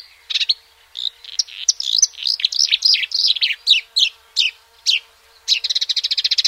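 Marsh warbler song, a lively run of rising and falling whistled and chattering notes, ending in a quick, even trill of rapidly repeated notes.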